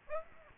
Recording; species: mosquito wingbeat signal from an infrared sensor; Aedes aegypti